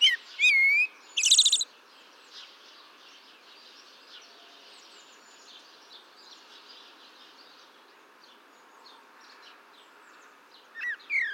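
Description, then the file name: Common blackbird singing two short phrases, a whistle and a shrill twitter, then a long quiet stretch before one more phrase at the end. "Turdus merula"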